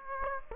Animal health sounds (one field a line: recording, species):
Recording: mosquito wingbeat signal from an infrared sensor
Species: Aedes aegypti